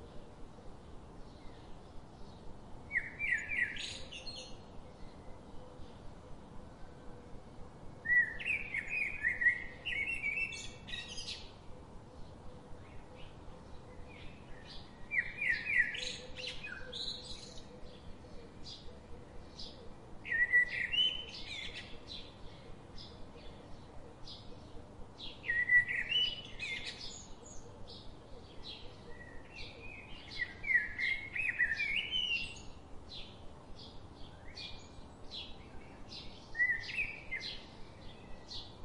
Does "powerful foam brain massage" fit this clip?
no